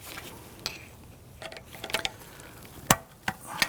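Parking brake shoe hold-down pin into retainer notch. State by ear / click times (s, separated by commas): seated / 3.6 s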